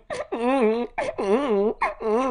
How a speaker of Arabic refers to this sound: وبعد قليل عاد الابن وهو يبكي، فسأله الرجل عما يبكيه.